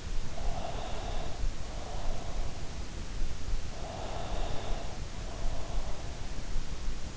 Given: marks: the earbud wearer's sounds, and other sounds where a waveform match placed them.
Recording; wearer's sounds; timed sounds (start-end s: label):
sounds in sleep by an in-ear microphone; breath
0.44-2.16 s: breath
3.93-5.99 s: breath